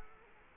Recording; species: mosquito wingbeat signal from an infrared sensor; Culex quinquefasciatus